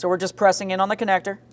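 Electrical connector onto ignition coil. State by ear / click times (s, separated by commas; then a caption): not seated / none. On a 2007-2014 Ford Edge 3.5L, a plastic electrical connector is pressed in onto an ignition coil while someone talks over a steady low hum. Nothing has seated or clicked yet when the clip ends.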